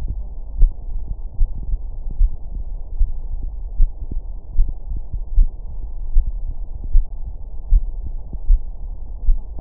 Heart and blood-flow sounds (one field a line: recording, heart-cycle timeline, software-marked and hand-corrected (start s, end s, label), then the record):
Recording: heart sounds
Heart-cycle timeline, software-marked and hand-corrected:
0.00	0.10	systole
0.10	0.20	S2
0.20	0.58	diastole
0.58	0.72	S1
0.72	0.94	systole
0.94	1.04	S2
1.04	1.40	diastole
1.40	1.52	S1
1.52	1.72	systole
1.72	1.80	S2
1.80	2.18	diastole
2.18	2.32	S1
2.32	2.54	systole
2.54	2.64	S2
2.64	2.98	diastole
2.98	3.10	S1
3.10	3.32	systole
3.32	3.42	S2
3.42	3.78	diastole
3.78	3.90	S1
3.90	4.12	systole
4.12	4.20	S2
4.20	4.56	diastole
4.56	4.68	S1
4.68	4.90	systole
4.90	5.00	S2
5.00	5.34	diastole
5.34	5.48	S1
5.48	5.70	systole
5.70	5.78	S2
5.78	6.14	diastole
6.14	6.26	S1
6.26	6.48	systole
6.48	6.56	S2
6.56	6.92	diastole
6.92	7.04	S1
7.04	7.26	systole
7.26	7.34	S2
7.34	7.70	diastole
7.70	7.84	S1
7.84	8.04	systole
8.04	8.12	S2
8.12	8.48	diastole
8.48	8.60	S1
8.60	8.82	systole
8.82	8.90	S2
8.90	9.26	diastole
9.26	9.40	S1
9.40	9.61	systole
From the record:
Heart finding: coronary artery disease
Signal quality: good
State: rest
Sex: male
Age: 71 years